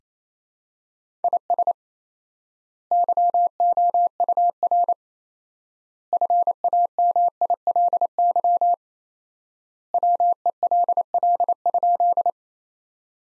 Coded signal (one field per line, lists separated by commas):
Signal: Morse code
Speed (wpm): 27 wpm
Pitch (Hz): 700 Hz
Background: none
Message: IS YOUR FAMILY WELL?